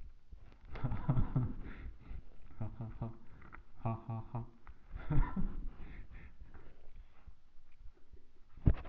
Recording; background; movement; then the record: laughter; quiet; sitting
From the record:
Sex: male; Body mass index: 23.7 kg/m2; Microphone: on the chest, facing the body